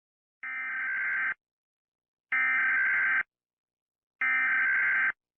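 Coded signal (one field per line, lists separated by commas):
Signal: Emergency Alert System (SAME) tones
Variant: header bursts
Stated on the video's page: Fictional EAS scenario about a creature; simulated alert.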